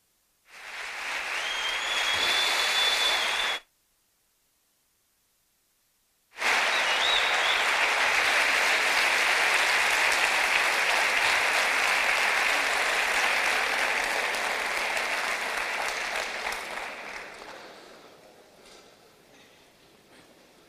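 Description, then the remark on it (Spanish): A crowd at a congress bursts into sustained, loud clapping to welcome a speaker, a retired emergency doctor, broken by a few seconds of silence, then resumes as a dense wash of applause before gradually fading out. “Él ha sido médico, ya está jubilado, ha sido médico de urgencias en el Hospital de Rosell, Cartagena, y lo vamos a recibir con un fuerte aplauso.”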